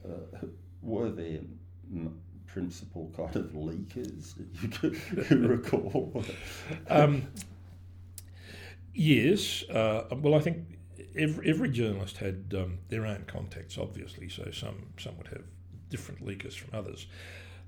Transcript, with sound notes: were there principal kind of leakers that you recall?
[laughter]
Yes, well I think every journalist had their own contacts obviously, so some would have different leakers from others.